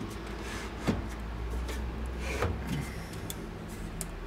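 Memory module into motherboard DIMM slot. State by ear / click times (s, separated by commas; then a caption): not seated / none. A memory module is handled at a motherboard DIMM slot with plastic side latches, over a steady low hum and soft rustling. Brief sharp ticks come at about 2.4, 3.3 and 4.0 seconds. Nothing has seated or clicked into place yet.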